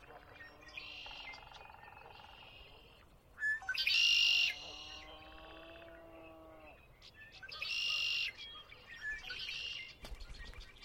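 Birds sing at Conner's Lake on a chilly spring dawn, with bright bursts near four and eight seconds over steady lower warbling calls.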